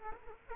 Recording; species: mosquito wingbeat signal from an infrared sensor; Culex quinquefasciatus